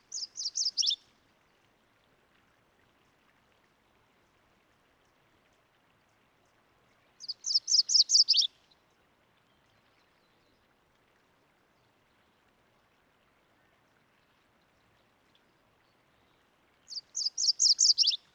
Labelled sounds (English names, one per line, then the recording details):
MacGillivray's Warbler song
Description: MacGillivray's Warbler song recorded on the Cub Lake Trail in Rocky Mountain National Park
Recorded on 29 May 2017